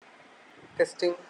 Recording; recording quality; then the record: deep breathing; poor, much background noise or distortion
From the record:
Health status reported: healthy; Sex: male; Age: 26 years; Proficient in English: yes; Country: India